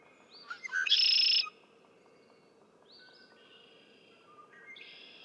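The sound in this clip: Red-winged blackbird song: a few short clipped notes leading into a loud buzzy trill lasting about half a second, followed by two fainter similar songs.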